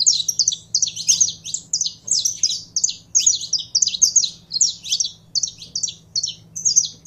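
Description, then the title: Belgian canary singing continuous rapid high notes, a bubbling string of sharp chirps with a low hum in the background. Song of a pure Belgian canary. "Canto Do Canário Belga Puro"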